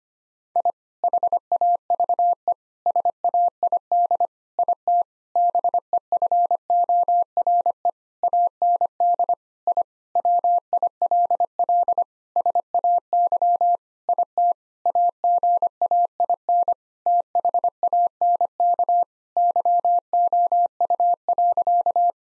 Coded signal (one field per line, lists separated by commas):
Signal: Morse code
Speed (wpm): 25 wpm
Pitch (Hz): 700 Hz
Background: none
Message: I HAVE SAID IT BEFORE AND I WILL SAY IT AGAIN THANK YOU.